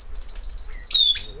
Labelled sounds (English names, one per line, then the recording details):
Stitchbird song
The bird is a male
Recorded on Tiritiri Matangi Island, New Zealand, in 2005
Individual 12, of nest box 16